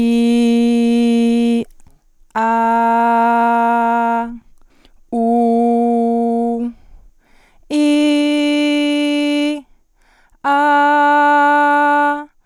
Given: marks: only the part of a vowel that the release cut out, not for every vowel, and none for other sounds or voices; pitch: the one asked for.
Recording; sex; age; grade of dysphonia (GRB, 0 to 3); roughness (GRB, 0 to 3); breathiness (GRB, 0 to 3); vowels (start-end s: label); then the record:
sustained vowels; female; 20 to 29 years; 0; 0; 0
0.00-1.49 s: vowel /i/, normal pitch
2.60-4.12 s: vowel /a/, normal pitch
5.31-6.52 s: vowel /u/, normal pitch
7.95-9.41 s: vowel /i/, high pitch
10.66-12.09 s: vowel /a/, high pitch
From the record:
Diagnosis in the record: healthy voice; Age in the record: 23 years